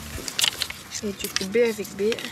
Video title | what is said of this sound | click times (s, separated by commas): ✅ CONSTRUCTION de A à Z d'un abri de jardin avec poulailler - AMENAGEMENT INTERIEUR - Ep10S3 | Là ça se clipse juste comme ça. Voilà. | 0.4 s, 0.5 s